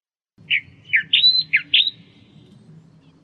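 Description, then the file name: Australian reed warbler song: five or so rich, throaty notes delivered in a quick run, some slurring up and down, over a faint low background rumble. "suara kicauan burung kerakbasi australia. omkicau"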